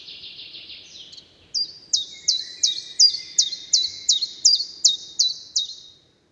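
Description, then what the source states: Common chiffchaff song: about a dozen sharp, high, down-hooked notes repeated roughly three per second, after a brief thin buzzy phrase, with faint background hiss. Two-note 'chiff-chaff' song of one of the first summer migrants to reach Britain, heard early in the year.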